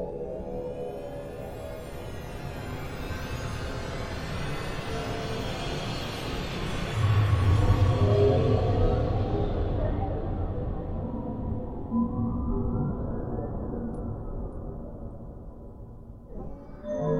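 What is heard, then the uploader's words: A dark horror ambience built on a thick, low rumbling drone. Thin metallic tones sweep down through the opening seconds, then the rumble swells loudest around the middle. A lone wavering tone rises and falls later, and the bed fades before a faint stir at the end. Lots of small events throughout to keep it interesting and terrifying.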